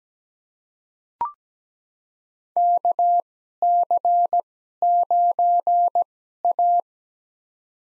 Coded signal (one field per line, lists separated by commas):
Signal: Morse code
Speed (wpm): 17 wpm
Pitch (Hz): 700 Hz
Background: none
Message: KC9A